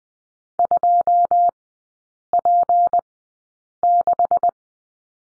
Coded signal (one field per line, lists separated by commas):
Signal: Morse code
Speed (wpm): 20 wpm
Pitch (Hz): 700 Hz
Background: none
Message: 2P6